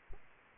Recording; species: mosquito wingbeat signal from an infrared sensor; Aedes aegypti